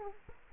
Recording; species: mosquito wingbeat signal from an infrared sensor; Culex quinquefasciatus